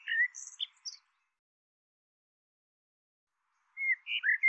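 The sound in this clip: Bird calls: a quick burst of high whistled and chirping notes in the first second, a pause of silence, then another run of sliding whistles near the end.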